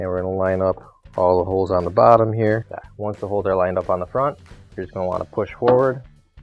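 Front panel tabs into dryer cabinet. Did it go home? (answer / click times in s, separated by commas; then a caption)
no / none. Someone talks while handling the front panel of a Maytag dryer during replacement of its heating element (part WP8544771), lining up the holes at the bottom of the panel before pushing it forward so its metal tabs lock into the cabinet. Nothing has seated or clicked yet by the end of the clip.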